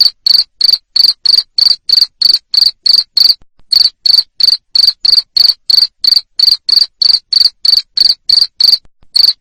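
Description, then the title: Cricket chirping in a long run of bright, buzzy pulses, about three each second, broken by two short pauses. Loud cricket chirping used to stimulate lovebirds to keep singing in their ngekek style. "Suara JANGKRIK NGERIK Keras Bikin LOVEBIRD Jadi NGEKEK Terus Vubey"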